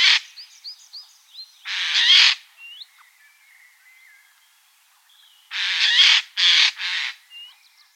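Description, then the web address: Eurasian jay giving harsh rasping screeches: a brief burst at the very start, a single burst, then three close bursts, with thin whistled bird notes between them. Harsh rasping call (Rätschen), recorded at Wiesloch. "Wiesloch. Eichelhäher Rätschen"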